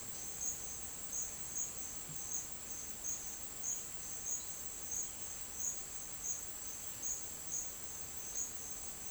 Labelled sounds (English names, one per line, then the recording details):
none
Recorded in secondary vegetation near Puerto Asís, Putumayo, Colombia, on 30 June 2025 at 11:30
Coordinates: 0.499, -76.323
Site G077